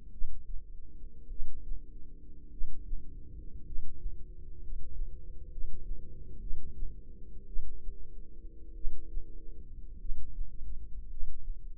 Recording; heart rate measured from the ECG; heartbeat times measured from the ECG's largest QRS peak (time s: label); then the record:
heart sounds by microphone in the left ear; 55 bpm
0.10 s: heartbeat
1.28 s: heartbeat
2.49 s: heartbeat
3.63 s: heartbeat
4.59 s: heartbeat
5.48 s: heartbeat
6.38 s: heartbeat
7.45 s: heartbeat
8.73 s: heartbeat
9.97 s: heartbeat
11.07 s: heartbeat
From the record:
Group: healthy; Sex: male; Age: 25 years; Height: 170 cm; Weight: 70.4 kg